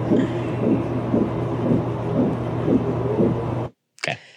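Rhythmic whooshing pulses, roughly 120 a minute, over a steady low hum, ending in a brief pause and a click. It is a strong fetal heartbeat picked up on ultrasound Doppler, judged normal and sounding much better than in a previous pregnancy.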